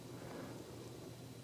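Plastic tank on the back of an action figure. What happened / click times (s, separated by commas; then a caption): The plastic part is being handled but has not clicked into place yet / none. The plastic tank on the back of a McFarlane Toys DC Multiverse Gold Label Hazmat Suit Batman action figure is lifted and handled to push it into the position that switches its light-up symbol on. Only a steady, low, broadband rustling hum is heard, with no sharp sounds. Nothing has clicked or seated yet.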